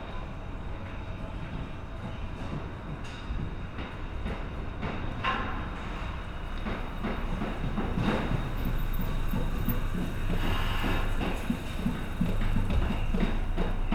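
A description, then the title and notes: A train rumbles along the rails with a thick, steady low roar. Sharp clacks and knocks come every second or so, and a brief squeal rises near the tenth second. The sound grows gradually louder and busier toward the end. Recordings I made mostly at my bush hut, but some in my inner-city studio and some in the streets of Sydney. They were made with a pair of binaural microphones that are worn in the ears of the recordist.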